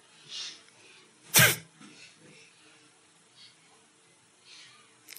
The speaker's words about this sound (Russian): Нужно просто делать глубокий вдох, а потом резко выдохнуть из ноздрей. И не дышать.